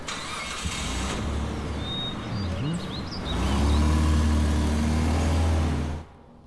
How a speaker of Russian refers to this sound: Он усаживает ее в машину. Сам садится, и они уезжают.